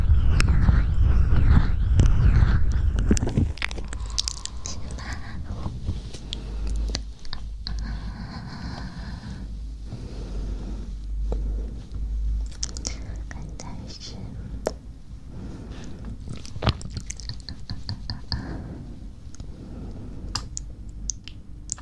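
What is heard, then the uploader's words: Close mouth sounds: wet clicks, smacks and crunchy chewing-like bites come in irregular bursts throughout. The first three seconds are louder with a heavy low rumble, then a steady low hum runs underneath the sharp, bright snaps for the rest. ASMR Close Mouth Sounds.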